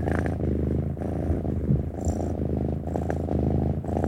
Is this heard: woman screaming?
no